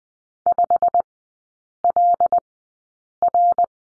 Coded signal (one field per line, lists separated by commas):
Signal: Morse code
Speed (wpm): 20 wpm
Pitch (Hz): 700 Hz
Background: none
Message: 5LR